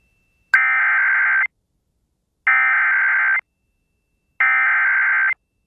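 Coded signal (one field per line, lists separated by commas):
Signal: Emergency Alert System (SAME) tones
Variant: header bursts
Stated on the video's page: Valid EAS tones for a severe thunderstorm warning.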